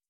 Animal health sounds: hydrophone in a shrimp aquaculture tank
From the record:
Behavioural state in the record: starved

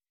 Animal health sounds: hydrophone in a shrimp aquaculture tank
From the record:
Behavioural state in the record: weakened

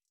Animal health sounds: hydrophone in a shrimp aquaculture tank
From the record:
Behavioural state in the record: stressed

